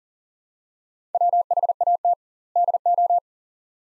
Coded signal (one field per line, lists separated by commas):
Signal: Morse code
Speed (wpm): 40 wpm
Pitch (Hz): 700 Hz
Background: none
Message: WHAT DO